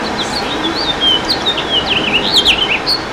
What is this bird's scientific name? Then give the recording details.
Haemorhous mexicanus. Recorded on Long Island, New York, on 28 June 2012. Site SB. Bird A